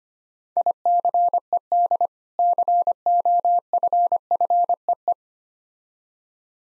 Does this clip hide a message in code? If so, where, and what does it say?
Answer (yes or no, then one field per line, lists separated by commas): yes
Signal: Morse code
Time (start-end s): 0.6-5.1 s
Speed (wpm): 25 wpm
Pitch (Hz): 700 Hz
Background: none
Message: ICED COFFEE